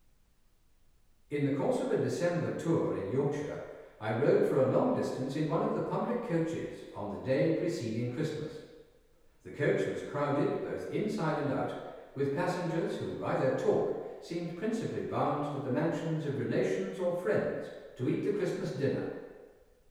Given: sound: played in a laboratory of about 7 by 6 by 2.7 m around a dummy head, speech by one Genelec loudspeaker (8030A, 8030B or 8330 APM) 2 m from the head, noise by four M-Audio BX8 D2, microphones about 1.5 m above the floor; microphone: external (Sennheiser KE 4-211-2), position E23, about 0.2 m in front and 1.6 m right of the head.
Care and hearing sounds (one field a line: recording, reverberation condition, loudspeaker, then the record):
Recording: male speech in English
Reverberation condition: high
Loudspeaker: 60 degrees to the left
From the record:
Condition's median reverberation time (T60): about 1300 ms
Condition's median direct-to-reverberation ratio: about -4.0 dB